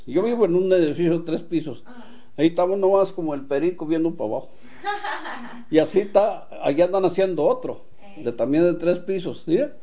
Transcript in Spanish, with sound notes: Yo vivo en un edificio de tres pisos. Ahí ta uno nomás como el perico, viendo pa abajo. (risas) Y así ta, allí andan haciendo otro de también de tres pisos, mira.